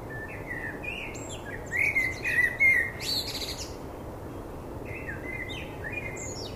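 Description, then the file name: Common blackbird song: soft warbled notes building into a louder fluting phrase with a high, scratchy twittered ending, then quieter whistled notes afterwards. "Turdus merula"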